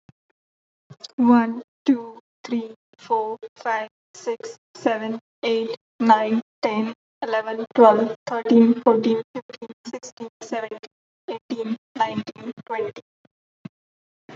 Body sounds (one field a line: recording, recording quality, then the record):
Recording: counting at a normal pace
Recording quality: excellent, no background noise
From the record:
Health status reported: healthy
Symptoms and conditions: none ticked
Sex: female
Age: 23 years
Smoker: not ticked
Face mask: not worn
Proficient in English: yes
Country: India